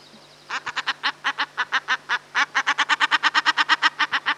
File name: Common Shelduck (Tadorna tadorna)